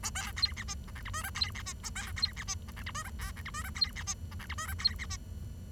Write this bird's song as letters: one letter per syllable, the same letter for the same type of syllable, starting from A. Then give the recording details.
A B C D E F G H I J C D E A B C D E F G H I J K G H I J C D E F G H I J C D E. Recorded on 23 June 2012 at 10:21. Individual gr41rd51